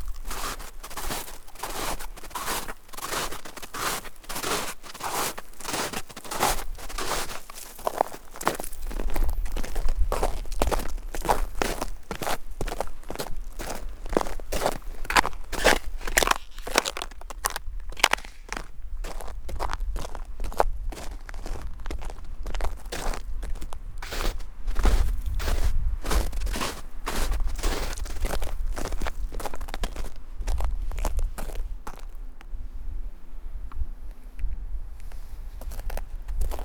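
Footsteps crunch along a path at a steady, brisk pace, each step crisp. From about eight seconds a low rumble sits underneath, and near the end the steps soften while a faint low hum comes through.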